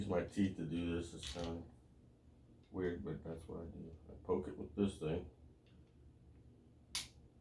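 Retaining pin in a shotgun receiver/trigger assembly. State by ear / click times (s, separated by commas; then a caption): released / 7.0 s. Someone talks while a small tool pokes at the retaining pin in the receiver/trigger assembly of a 390 shotgun. A single sharp click comes at 7.0 s as the pin clicks free and is released.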